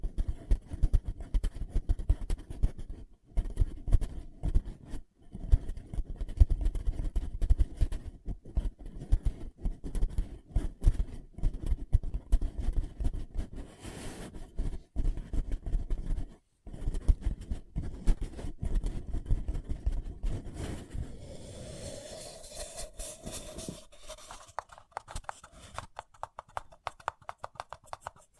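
A paper cup is handled in a dense, crackly run of crinkling and rubbing, with brief silent gaps near 3, 5 and 16 seconds. Around 21 seconds the scraping gives way to a rising, squeaky tone that settles into a thinner, brighter rubbing to the end.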